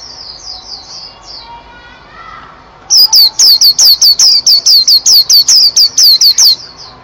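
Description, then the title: Oriental magpie-robin song opening with a soft string of high whistles, then a loud, rapid series of clipped, falling whistled notes repeated steadily. "Kicau Kacer Durasi Panjang 1jam Lebih"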